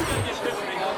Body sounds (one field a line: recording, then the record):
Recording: coughing mixed with background sound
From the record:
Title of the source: 31 night wet cough